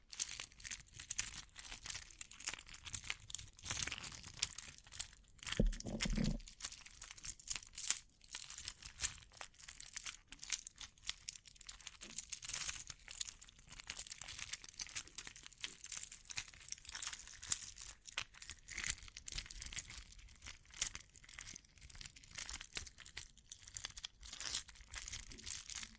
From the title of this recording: Bling Bling Triggers